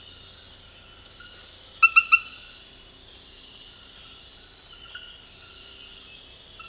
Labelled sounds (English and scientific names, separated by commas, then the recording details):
none
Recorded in dense forest near Puerto Asís, Putumayo, Colombia, on 18 February 2024 at 05:30
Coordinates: 0.485, -76.318
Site G6408